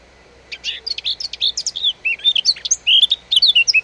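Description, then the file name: Eurasian blackcap song: a continuous, rapid warble of varied high notes, some clear and whistled, some scratchy, running for over three seconds. "Sylvia atricapilla"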